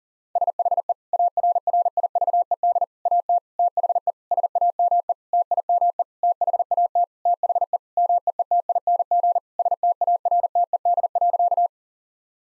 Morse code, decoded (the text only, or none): SHE ARRIVED AT THE SAME TIME THAT THE MEETING STARTED.